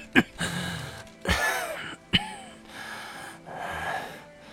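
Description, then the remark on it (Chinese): A character in an audio drama of Qiang Jin Jiu gives three harsh, sudden coughs spaced about a second apart, each followed by raspy, wheezing breaths that trail off into labored breathing at the end. “海良一在咳嗽声里平静下去。”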